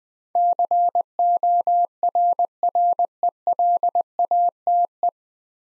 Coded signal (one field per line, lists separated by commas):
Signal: Morse code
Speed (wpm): 20 wpm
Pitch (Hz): 700 Hz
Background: none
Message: CORRELATE